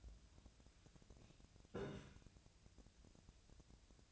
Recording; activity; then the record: daily activity, microphone in the room; take from stove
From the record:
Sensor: 2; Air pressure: 1009.8 hPa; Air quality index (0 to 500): 180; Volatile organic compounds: 10 ppm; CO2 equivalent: 2254 ppm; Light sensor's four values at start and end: 32/79/34/38 and 32/79/34/38